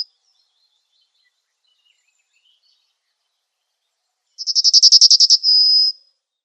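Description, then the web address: Yellowhammer song, a single phrase of a quick series of high rattling notes ending in a long level whistle, after a stretch of near silence. "Schulze Peter Yellowhammer song"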